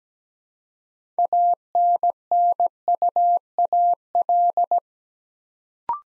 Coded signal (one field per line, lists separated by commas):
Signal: Morse code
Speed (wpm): 17 wpm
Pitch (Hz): 700 Hz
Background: none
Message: ANNUAL